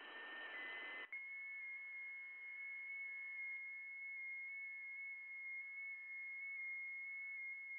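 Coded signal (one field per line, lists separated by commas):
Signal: FT8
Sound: brief hiss burst, then several overlapping thin tones warbling gently in small steps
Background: radio static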